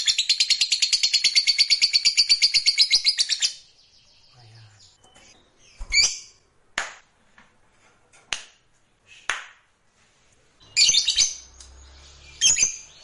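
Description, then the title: Lovebird delivering a rapid, high chattering trill for about three and a half seconds, then mostly quiet with scattered sharp clicks and brief squeaky chirps. Fighter-type lovebird giving a long ngekek (ngekek panjang). "Suara Lovebird FIGHTER NGEKEK PANJANG"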